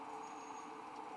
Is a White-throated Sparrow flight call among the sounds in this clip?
no